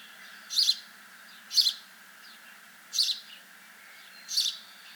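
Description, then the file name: House sparrow chirping, short bright chirps repeated every one to one and a half seconds, four notes with faint quieter chirps between them. "Passer domesticus"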